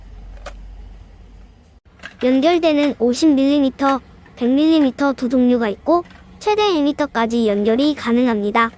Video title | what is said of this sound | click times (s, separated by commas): 페데스탈 조립과 사용 이렇게 하면 됩니다. | 연결대 를 넣고 딸깍 소리가 나도록 살짝 돌려주면 됩니다 | 0.5 s